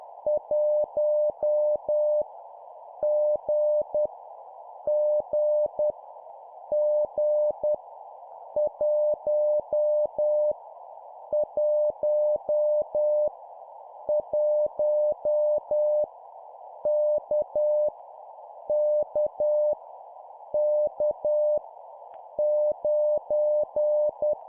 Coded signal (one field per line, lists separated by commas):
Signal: Morse code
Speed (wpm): 10 wpm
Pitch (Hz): 600 Hz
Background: none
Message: 1 G G G 1 1 1 K K K 9